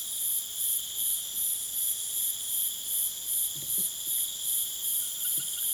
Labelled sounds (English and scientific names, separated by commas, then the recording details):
none
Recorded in pastures near Puerto Asís, Putumayo, Colombia, on 27 June 2025 at 20:30
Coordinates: 0.486, -76.323
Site H29